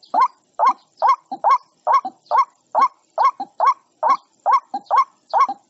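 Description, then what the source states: White-breasted waterhen calling: steady, throaty rising notes roughly twice per second, with brief softer notes tucked between them. Calling to its flock.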